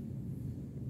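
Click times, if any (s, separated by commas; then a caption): none. A revolver speed loader holding cartridges rests face down while its centre locking knob is handled, pushed down and twisted to lock the cartridges in the loader body. Only a steady low rumble is heard, with no sharp transients. The knob has not clicked or locked yet.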